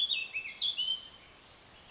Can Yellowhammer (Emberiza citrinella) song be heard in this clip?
no